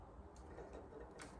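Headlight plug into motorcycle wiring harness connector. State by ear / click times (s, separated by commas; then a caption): seated / 1.2 s. A keyed plastic plug from an LED headlight for a Road King Classic motorcycle is pushed into its mating wiring harness connector. Faint handling noise leads up to a short, sharp click at 1.2 s as the plug latches and is seated.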